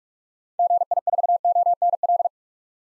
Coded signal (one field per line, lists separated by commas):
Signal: Morse code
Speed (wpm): 45 wpm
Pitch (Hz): 700 Hz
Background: none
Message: GI4ONL